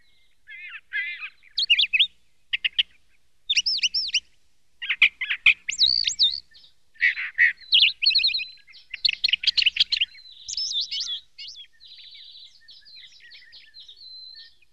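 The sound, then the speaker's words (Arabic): A small bird, the sparrow Azouz, chirps and twitters on a branch in quick, high-pitched bursts, rapid trills and short tweets alternating with brief pauses, then a thinner, fainter warble trailing off at the end. No voices. “إن هذا العصفور صديقي.”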